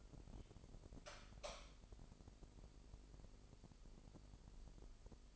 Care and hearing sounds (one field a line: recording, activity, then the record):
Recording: daily activity, microphone in the room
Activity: light on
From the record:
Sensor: 5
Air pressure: 995.4 hPa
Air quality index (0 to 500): 90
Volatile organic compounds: 4 ppm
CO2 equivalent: 1680 ppm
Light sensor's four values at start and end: 34/80/32/33 and 34/80/32/33